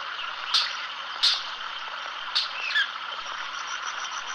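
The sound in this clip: White-bearded manakin giving four sharp snapping clicks at uneven intervals over steady background noise.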